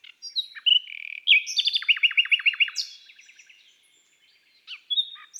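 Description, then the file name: Common nightingale song with a short whistled intro, then a run of sharp repeated notes, followed by scattered soft notes. Woodland and forest birdsong. "Rossignol philomele Chants doiseaux des bois et des forets"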